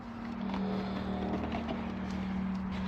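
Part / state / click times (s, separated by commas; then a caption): diesel fuel filter element into filter housing lid / not seated / none. A new diesel fuel filter element is held and lined up on the plastic lid of the filter housing before being pushed home. Over a steady low hum, a faint hit is heard at about 0.6 s. Nothing has clicked or seated yet.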